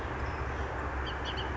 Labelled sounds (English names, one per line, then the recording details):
Bullock's Oriole
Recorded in Sonoma County, California